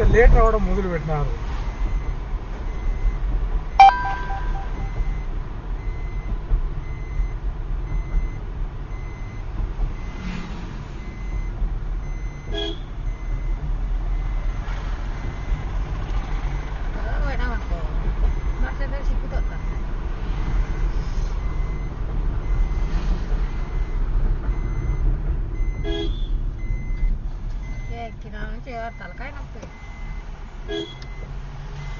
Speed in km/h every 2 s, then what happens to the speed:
45, 46, 43, 40, 39, 35, 32, 37, 43, 47, 49, 47, 45, 27, 10, 9.
3-12 slows to 32. 12-17 speeds up to 47. 17-23 steady at about 47. 23-28 brakes to 10.